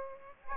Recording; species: mosquito wingbeat signal from an infrared sensor; Aedes aegypti